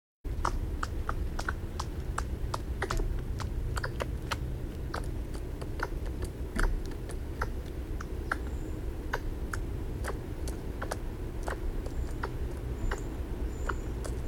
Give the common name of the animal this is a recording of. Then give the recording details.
Eurasian Red Squirrel. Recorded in the wild. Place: Neustrelitz, Mecklenburg-Vorpommern, DE. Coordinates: 53.36, 13.073. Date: 1986-09-05. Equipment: Nagra III BH, Sennheiser MD 21, parabola. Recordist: Schubert, Michael. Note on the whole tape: Zwei Eichhörnchen: Rufe und Klettergeräusche